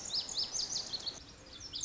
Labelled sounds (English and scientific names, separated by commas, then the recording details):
Lazuli Bunting (Passerina amoena)
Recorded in Sonoma County, California